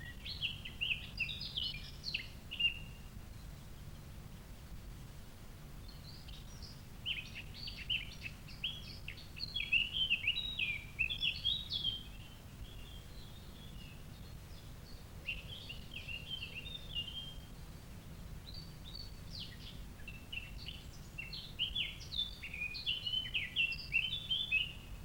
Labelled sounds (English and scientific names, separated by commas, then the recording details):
Eurasian Blackcap (Sylvia atricapilla) song
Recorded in the wild
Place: Ossiach, Ossiachersee, Kärnten, AT
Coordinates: 46.6724, 13.9494
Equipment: Hornyphon, Phillips Mikrofon
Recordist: Brunner, Thomas
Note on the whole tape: Mönchsgrasmücke, Gesang. Illmitz, oberhalb des Hansbauer. Im Jahre 1960